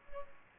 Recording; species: mosquito wingbeat signal from an infrared sensor; Culex pipiens